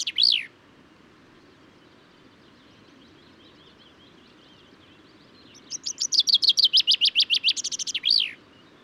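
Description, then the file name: Common chaffinch singing: a short flourish opens, then a long quiet gap, then a rapid series of sharp notes closing with the same down-swept flourish. Male singing, recorded at Důl Bílého Labe, Czech Republic, on 22 May 2018. "180522 BIO cchaffin-coelebs-1-M-S cz dul-bileho-labe"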